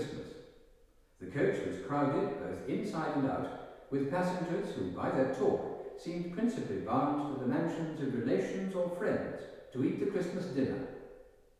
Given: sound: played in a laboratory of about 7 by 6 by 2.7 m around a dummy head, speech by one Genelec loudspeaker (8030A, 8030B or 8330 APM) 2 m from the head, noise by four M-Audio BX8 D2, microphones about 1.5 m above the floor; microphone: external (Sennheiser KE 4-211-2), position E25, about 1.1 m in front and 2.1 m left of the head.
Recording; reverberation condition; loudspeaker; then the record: male speech in English; high; 150 degrees to the right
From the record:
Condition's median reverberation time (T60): about 1300 ms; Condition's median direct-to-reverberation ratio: about -4.0 dB